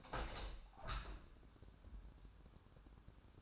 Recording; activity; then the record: daily activity, microphone in the room; open window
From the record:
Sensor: 2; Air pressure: 1000.3 hPa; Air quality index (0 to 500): 129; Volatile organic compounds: 2 ppm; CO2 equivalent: 1078 ppm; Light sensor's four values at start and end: 11/31/12/14 and 12/33/13/15